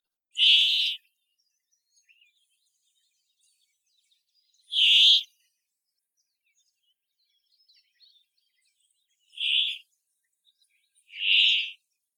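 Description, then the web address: Brambling calls: four harsh, nasal, buzzy notes, each about half a second long, spaced unevenly a few seconds apart, over a quiet background with faint ticks. "atori"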